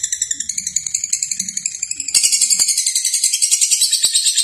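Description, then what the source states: Lovebird giving a fast, buzzy, high-pitched chatter that grows louder and more intense midway, continuing as a dense rapid trill. Lovebird singing in the konslet style.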